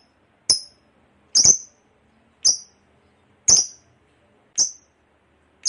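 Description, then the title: Lovebird giving sharp, very high chips, one about every second, some slightly doubled. Long ngekek chatter, described as gacor (in full, frequent voice). "LOVEBIRD NGEKEK PANJANG GACOR BIKIN LATAH"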